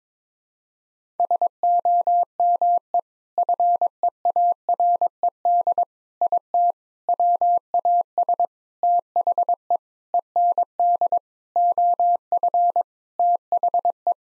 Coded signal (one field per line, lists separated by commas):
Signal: Morse code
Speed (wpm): 21 wpm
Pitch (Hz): 700 Hz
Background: none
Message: SOME FEARED IT WAS THE END OF THE